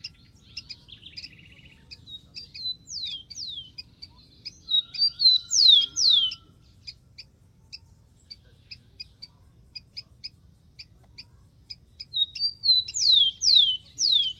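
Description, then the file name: Rufous-collared sparrow song in repeated phrases, each a couple of whistles then quick downward slurs, with rhythmic chip notes filling the gaps. "canto do tico tico"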